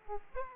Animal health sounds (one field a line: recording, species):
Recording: mosquito wingbeat signal from an infrared sensor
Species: Aedes aegypti